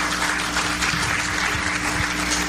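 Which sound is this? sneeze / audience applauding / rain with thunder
audience applauding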